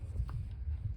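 A rubber spark plug wire boot is pushed down onto the spark plug terminal of a 1996–2002 third-generation Toyota 4Runner with the 5VZFE engine. A short snap is heard at 0.3 s over a low hum, confirming the boot has seated on the plug.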